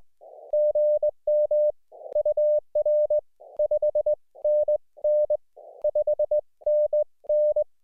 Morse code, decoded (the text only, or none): GM UR 5NN 5NN